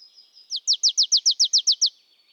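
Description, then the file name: Marsh tit: a few thin high notes, then a quick run of about ten sharp, downslurred notes, evenly spaced and bright. "Poecile palustris"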